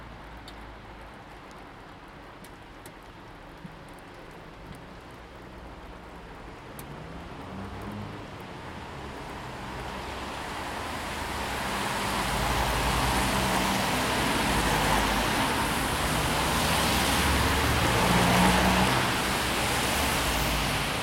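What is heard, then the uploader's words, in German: A town street in the rain, with a steady hiss of water and wet tire noise. The sound grows from quieter, sparse ticks of drops near the start to a fuller, louder wash after about ten seconds, as a vehicle seems to approach, with low rumble underneath. Fürth bei Regen. Aber wenn die Sonne nicht scheint, dann sind die Autos lauter und die Kinder weg.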